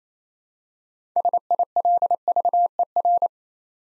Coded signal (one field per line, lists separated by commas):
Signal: Morse code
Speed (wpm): 29 wpm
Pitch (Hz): 700 Hz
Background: none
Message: SILVER